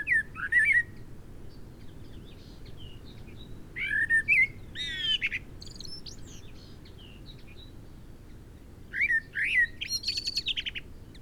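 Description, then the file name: Common blackbird song, rich fluted warbles alternating with high, squeaky chattering flourishes, three phrases spaced by quiet gaps of a few seconds. "Turdus merula"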